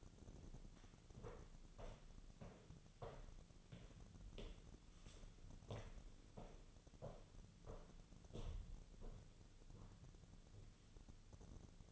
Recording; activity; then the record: daily activity, microphone in the room; walk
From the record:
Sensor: 4